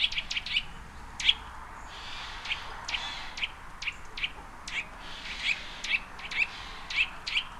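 Bird chirping, brief high notes scattered irregularly throughout, some doubled, over a soft steady background hiss.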